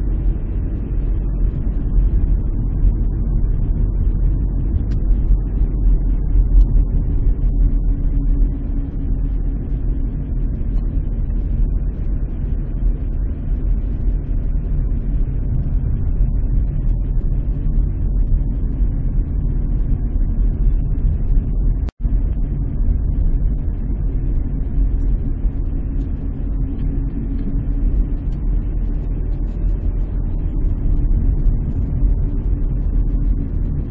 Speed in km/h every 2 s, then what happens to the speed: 35, 34, 32, 30, 28, 27, 27, 27, 28, 28, 28, 28, 29, 30, 32, 32, 29.
0-9 slows to 27. 9-34 steady at about 28.